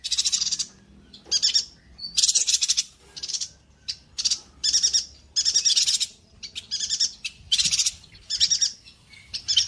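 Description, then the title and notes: Streaked spiderhunter singing in rapid succession, short grating bursts of high chatter repeated roughly every second with brief silent gaps. Master song for training birds; bird singing vigorously (gacor), clear and long. "Pijantung Gunung Gacor Jernih Panjang. Masteran burung"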